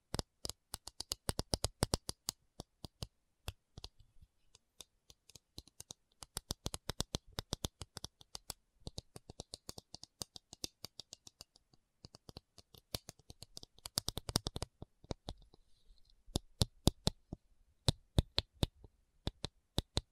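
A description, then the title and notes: Crisp tapping comes in quick irregular bursts of sharp clicks, with short pauses between clusters and louder, sparser taps near the end. ASMR 1 Hour Tapping Session (No Talking).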